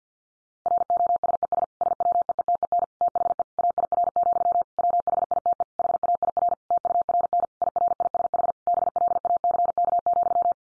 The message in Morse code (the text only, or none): ROSES SWEETEN THE AIR, WHITE HAIR TURN IRISH BLACK,